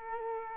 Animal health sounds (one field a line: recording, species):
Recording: mosquito wingbeat signal from an infrared sensor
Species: Culex quinquefasciatus